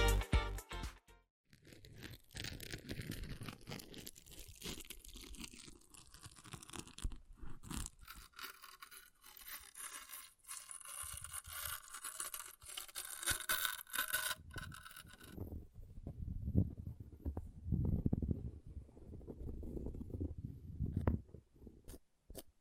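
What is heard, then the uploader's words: An object scratches and scrapes in dense, irregular bursts of crackly, gritty noise, with brief pauses between strokes. After about fifteen seconds the sound turns duller and lower, rubbing and rumbling with fewer bright edges, before stopping near the end. ASMR Brain Melting Object Scratching (No Talking).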